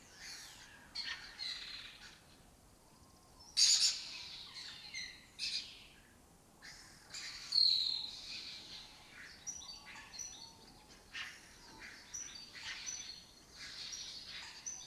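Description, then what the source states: Lesser kestrel harsh, rasping calls, two loud bursts about four seconds apart among quieter chattering notes from the colony. Breeding colony occupying an abandoned building complex in Doñana, southern Europe; migratory birds that forage in West Africa and breed in southern Europe.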